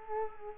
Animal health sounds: mosquito wingbeat signal from an infrared sensor; Culex quinquefasciatus

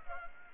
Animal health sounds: mosquito wingbeat signal from an infrared sensor; Culex pipiens

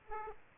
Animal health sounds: mosquito wingbeat signal from an infrared sensor; Aedes aegypti

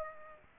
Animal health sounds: mosquito wingbeat signal from an infrared sensor; Aedes aegypti

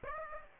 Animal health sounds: mosquito wingbeat signal from an infrared sensor; Aedes aegypti

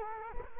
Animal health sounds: mosquito wingbeat signal from an infrared sensor; Culex quinquefasciatus

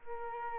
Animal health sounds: mosquito wingbeat signal from an infrared sensor; Aedes albopictus

